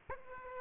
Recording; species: mosquito wingbeat signal from an infrared sensor; Aedes aegypti